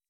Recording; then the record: hydrophone in a shrimp aquaculture tank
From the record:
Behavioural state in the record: weakened